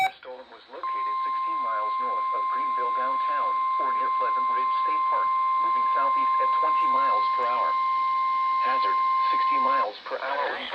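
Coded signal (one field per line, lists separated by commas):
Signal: Emergency Alert System (SAME) tones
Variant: 1050 Hz attention tone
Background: speech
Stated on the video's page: Alerts received on NOAA Weather Radio stations.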